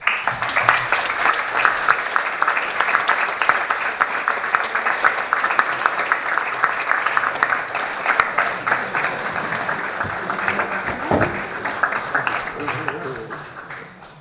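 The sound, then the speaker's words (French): Steady, dense applause from elected council members in Namur as flowers are presented in thanks, many hands clapping continuously at an even loudness for the whole stretch, with no pause or clear rhythm and faint voices mixed in. “Mais permets-moi de solliciter aussi la reconnaissance de l'ensemble des élus en t'offrant, sous des applaudissements nourris, quelques fleurs de remerciement.”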